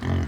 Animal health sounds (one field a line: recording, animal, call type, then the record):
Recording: contact call of a hoofed animal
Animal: wild boar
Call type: grunt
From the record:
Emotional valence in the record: positive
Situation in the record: food anticipation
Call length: 0.28 s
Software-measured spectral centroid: 1520 Hz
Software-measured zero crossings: 890 a second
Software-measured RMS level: -24 dBFS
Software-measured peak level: -14 dBFS